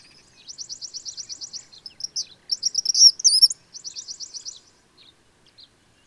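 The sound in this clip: Bird song, high and rapid: fast trilled series of even notes alternating with a brighter warbled, twittering burst, all in a high register, with quiet pauses between phrases.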